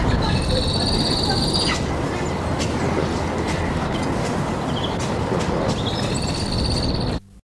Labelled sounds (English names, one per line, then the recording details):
Verreaux's Eagle call
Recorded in captivity
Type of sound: call
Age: adult
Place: Zoo Berlin, Berlin, DE
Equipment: Halbspur, 9,5 cm/s
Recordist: Lütgens, Hans
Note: Rufe